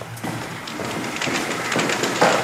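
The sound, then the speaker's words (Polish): Steady, hissing rain pours down, a dense patter of many small crackling drops over a soft rumble, holding an even loudness throughout with no voices. “O, to deszcz.”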